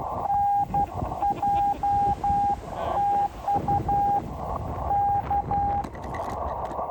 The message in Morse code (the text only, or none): NJ TU K